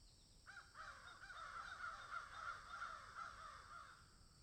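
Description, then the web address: Crow producing a dense, continuous run of harsh caws, several per second, for most. "ворона"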